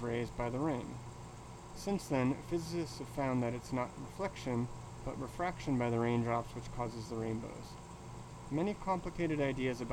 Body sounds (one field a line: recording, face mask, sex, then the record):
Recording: reading aloud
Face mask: surgical mask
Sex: male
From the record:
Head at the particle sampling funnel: tilted down, bridge of the nose in front of it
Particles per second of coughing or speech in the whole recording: 0.515